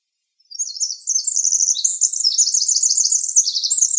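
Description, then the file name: Winter wren singing: after a short quiet start, a fast, high, tinkling series of trills and chattering notes runs on continuously to the end. Recorded in Arizona on 26 June 2006. "WIWR COONS"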